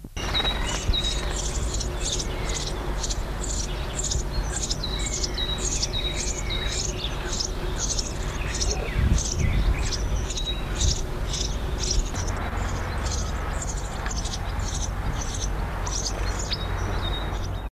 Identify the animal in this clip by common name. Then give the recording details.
Eurasian Tree Sparrow. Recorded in the wild. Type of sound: call. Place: Solling, Niedersachsen, DE. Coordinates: 51.7228, 9.62217. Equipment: Halbspur, 9,5 cm/s. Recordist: Lütgens, Hans. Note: Nestjunge